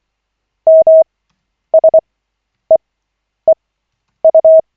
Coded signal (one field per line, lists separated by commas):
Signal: Morse code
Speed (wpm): 24 wpm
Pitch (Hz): 640 Hz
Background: none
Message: MSEEU